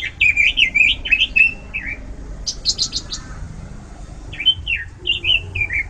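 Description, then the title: Bird song of quick, twisting chirped phrases, a burst of sharp higher notes, a pause, then another run of warbled chirps over faint background rumble. "lengkap manok"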